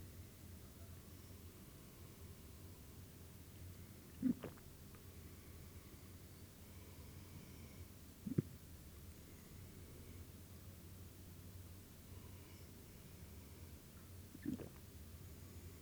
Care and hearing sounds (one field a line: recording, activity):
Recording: daily activity, guitar pickup as the sensor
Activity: drink water